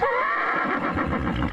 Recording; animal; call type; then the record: contact call of a hoofed animal; horse; whinny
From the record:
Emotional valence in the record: positive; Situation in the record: reunion with one group member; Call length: 1.53 s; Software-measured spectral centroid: 1320 Hz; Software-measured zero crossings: 2000 a second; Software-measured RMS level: -24 dBFS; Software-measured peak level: -11 dBFS